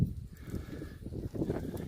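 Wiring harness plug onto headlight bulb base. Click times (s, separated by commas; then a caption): 1.4 s, 1.5 s. A plastic wiring-harness plug is pushed onto the base of a new halogen headlight bulb for a 2006 Toyota Highlander. Low rumbling handling noise gives way to two short clicks at 1.4 and 1.5 seconds as the connector seats and locks in.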